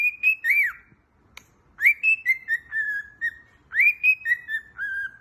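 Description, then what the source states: Cockatiel whistling a melodic phrase that rises sharply, holds, then steps down through several notes, heard three times with a soft click between the first two. Cockatiels singing a whistled tune.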